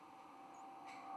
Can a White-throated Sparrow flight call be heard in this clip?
no